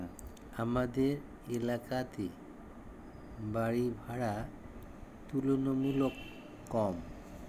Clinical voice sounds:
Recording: elicited speech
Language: Bengali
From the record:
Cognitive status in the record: dementia

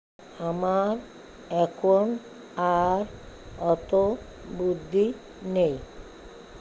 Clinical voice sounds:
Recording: elicited speech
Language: Bengali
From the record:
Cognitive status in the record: dementia

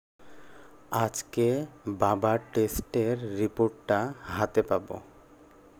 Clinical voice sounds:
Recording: elicited speech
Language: Bengali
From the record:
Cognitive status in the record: cognitively healthy

